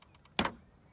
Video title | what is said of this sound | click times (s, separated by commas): Navara NP300 Grill removal in under 2 minutes | whilst pulling gently forward on the grill, and you heard that click. | 0.4 s